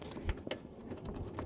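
A rear cab pressure vent, a plastic frame with rubber flaps, is turned, spun and pulled back into its opening in the back wall of a 2014 Ram 1500 pickup cab, which has had water leaking in. Several light taps and rustles come before a sharp pop at 0.5 s as the vent snaps into place. The vent is seated.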